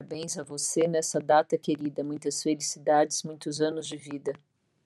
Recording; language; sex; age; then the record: short text; Brazilian Portuguese; female; 50 to 59 years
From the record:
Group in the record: control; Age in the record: 50 years